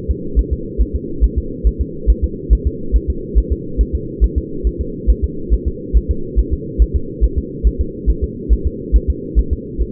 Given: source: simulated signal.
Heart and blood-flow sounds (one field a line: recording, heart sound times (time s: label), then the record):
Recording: fetal heart sounds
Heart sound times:
0.11 s: S2
0.39 s: S1
0.53 s: S2
0.81 s: S1
0.95 s: S2
1.24 s: S1
1.38 s: S2
1.67 s: S1
1.81 s: S2
2.10 s: S1
2.24 s: S2
2.53 s: S1
2.67 s: S2
2.96 s: S1
3.10 s: S2
3.38 s: S1
3.52 s: S2
3.81 s: S1
3.95 s: S2
4.24 s: S1
4.38 s: S2
4.67 s: S1
4.81 s: S2
5.10 s: S1
5.24 s: S2
5.54 s: S1
5.68 s: S2
5.97 s: S1
6.11 s: S2
6.39 s: S1
6.54 s: S2
6.82 s: S1
6.96 s: S2
7.24 s: S1
7.38 s: S2
7.67 s: S1
7.81 s: S2
8.10 s: S1
8.24 s: S2
8.53 s: S1
8.67 s: S2
8.96 s: S1
9.10 s: S2
9.39 s: S1
9.53 s: S2
9.82 s: S1
From the record:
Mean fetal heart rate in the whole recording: 140 bpm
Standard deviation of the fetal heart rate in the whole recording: 2 bpm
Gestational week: 34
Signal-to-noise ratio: -4.3 dB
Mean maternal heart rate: 72 bpm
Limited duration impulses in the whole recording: absent